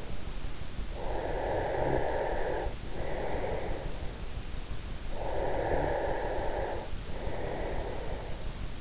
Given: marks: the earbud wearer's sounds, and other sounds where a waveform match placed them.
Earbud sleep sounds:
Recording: sounds in sleep by an in-ear microphone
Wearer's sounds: breath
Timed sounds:
0.82-4.00 s: breath
5.10-8.81 s: breath

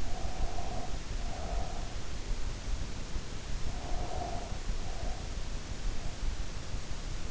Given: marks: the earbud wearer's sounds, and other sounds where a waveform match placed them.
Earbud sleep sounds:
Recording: sounds in sleep by an in-ear microphone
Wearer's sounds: breath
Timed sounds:
0.00-2.05 s: breath
3.61-5.43 s: breath

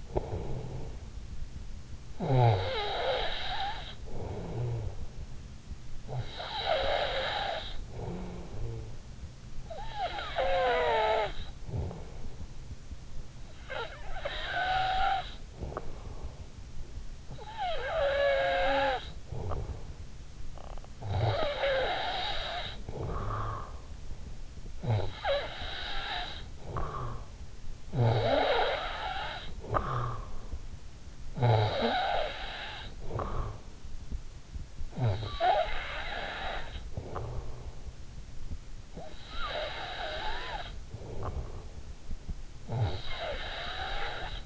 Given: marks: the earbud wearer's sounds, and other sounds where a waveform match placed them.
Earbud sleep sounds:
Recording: sounds in sleep by an in-ear microphone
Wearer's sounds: snoring breath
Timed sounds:
0.00-44.46 s: snoring breath

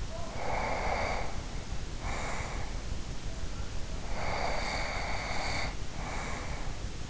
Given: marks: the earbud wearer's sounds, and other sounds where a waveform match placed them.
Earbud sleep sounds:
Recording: sounds in sleep by an in-ear microphone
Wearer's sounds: breath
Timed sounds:
0.11-2.97 s: breath
3.82-7.10 s: breath

